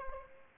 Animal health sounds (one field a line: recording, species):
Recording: mosquito wingbeat signal from an infrared sensor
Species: Aedes albopictus